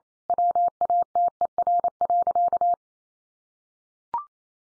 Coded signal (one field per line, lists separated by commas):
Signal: Morse code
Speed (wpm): 28 wpm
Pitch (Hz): 700 Hz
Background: none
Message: WATER.